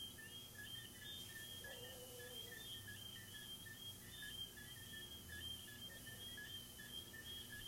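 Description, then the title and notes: Crickets trill high and constant while lower chirps pulse along; a faint short sliding sound appears early, over low background hiss. Crickets recorded in the recordist's garden, presented as relaxing ASMR. "These are relaxing asmr crickets from my garden"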